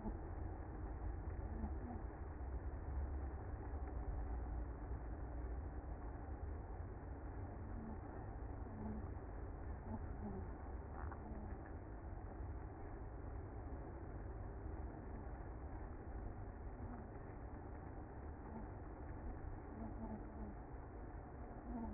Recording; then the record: honeybee colony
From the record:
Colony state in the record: active